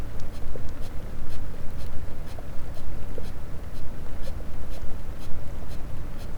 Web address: Pm BP Physeter Macrocephalus clean cachalot positif